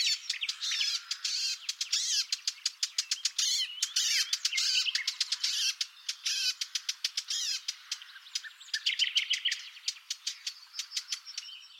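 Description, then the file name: Eurasian blackcap hard tacking clicks in fast bursts, mixed with brief scratchy warbled phrases, continuing throughout. "Sylvia atricapilla"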